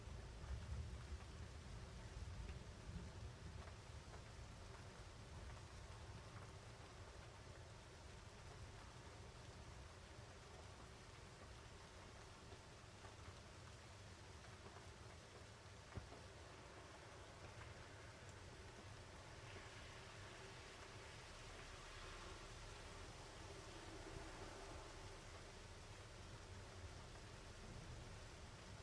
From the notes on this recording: Storm in the mountains. In the French Alps, close to Cruseilles, the recording was captured from a window of a home.